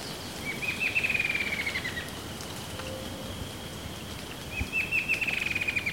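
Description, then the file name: Bird calling twice, each a rapid run of high chipping notes sliding gently downward, separated by a few seconds of hissing background. "SABIOD 50 bird 2015"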